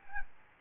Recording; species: mosquito wingbeat signal from an infrared sensor; Aedes albopictus